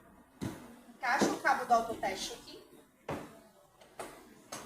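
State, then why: Seated. Someone talks while the self-test cable is pushed into the side connection port of a Philips MRX defibrillator/monitor. A sharp click at 3.1 s marks the cable connector seating, with smaller knocks around 4.0 s and 4.5 s, and a knock at 0.4 s before the speech.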